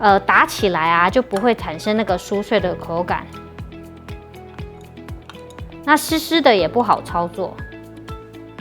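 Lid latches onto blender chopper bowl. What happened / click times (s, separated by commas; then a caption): The lid is handled but not yet latched onto the bowl / none. Someone handles the lid of a stick blender's chopper bowl, about to clip it onto the plastic bowl and latch it on both sides before blending cold butter and flour for scone dough. Someone talks over music, with a string of sharp taps between about 3.6 and 8.6 seconds. Nothing has seated or clicked yet.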